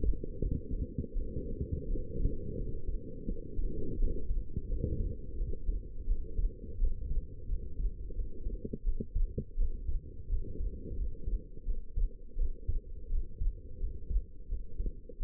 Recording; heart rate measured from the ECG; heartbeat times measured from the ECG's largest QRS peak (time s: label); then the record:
heart sounds by stethoscope; 85 bpm
0.39 s: heartbeat
1.12 s: heartbeat
1.86 s: heartbeat
2.56 s: heartbeat
3.25 s: heartbeat
3.97 s: heartbeat
4.68 s: heartbeat
5.36 s: heartbeat
6.06 s: heartbeat
6.78 s: heartbeat
7.47 s: heartbeat
8.14 s: heartbeat
8.83 s: heartbeat
9.56 s: heartbeat
10.28 s: heartbeat
10.95 s: heartbeat
11.64 s: heartbeat
12.36 s: heartbeat
13.08 s: heartbeat
13.78 s: heartbeat
14.47 s: heartbeat
15.18 s: heartbeat
From the record:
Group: healthy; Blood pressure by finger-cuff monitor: 109/78 mmHg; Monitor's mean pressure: 89 mmHg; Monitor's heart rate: 87 bpm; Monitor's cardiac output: 6.2 L/min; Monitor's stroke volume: 72 mL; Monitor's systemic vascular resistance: 1050 dyn s/cm5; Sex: female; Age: 19 years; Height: 163 cm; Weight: 51 kg